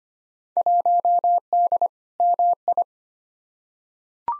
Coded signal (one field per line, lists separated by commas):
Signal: Morse code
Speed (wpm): 25 wpm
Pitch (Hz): 700 Hz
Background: none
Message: 1D MI